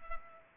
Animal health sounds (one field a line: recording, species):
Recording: mosquito wingbeat signal from an infrared sensor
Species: Culex pipiens